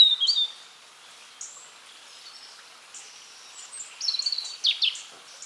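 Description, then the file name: European robin song, a high wavering whistle at the start, quiet thin notes, then a bright burst of rapid jingling notes near the end. "Erithacus rubecula"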